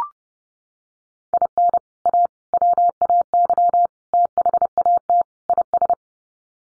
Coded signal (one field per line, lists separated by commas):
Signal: Morse code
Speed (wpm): 30 wpm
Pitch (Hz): 700 Hz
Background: none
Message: IN A WAY THAT IS